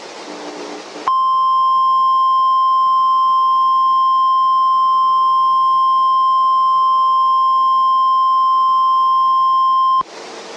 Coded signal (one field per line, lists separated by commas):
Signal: Emergency Alert System (SAME) tones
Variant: 1050 Hz attention tone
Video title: EAS: Jefferson City SVR